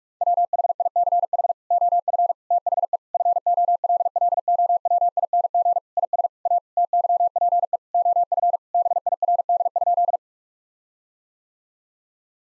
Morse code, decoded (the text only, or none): WHICH OF THE FOLLOWING IS A TYPE OF BIRD?